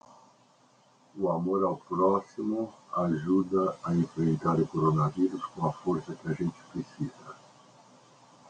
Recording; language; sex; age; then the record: spoken sentence; Brazilian Portuguese; male; 60 to 69 years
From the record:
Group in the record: control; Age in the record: 61 years